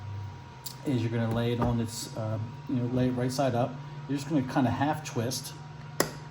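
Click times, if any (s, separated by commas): 6.0 s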